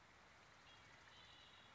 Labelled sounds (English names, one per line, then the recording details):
Red-winged Blackbird
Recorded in Sonoma County, California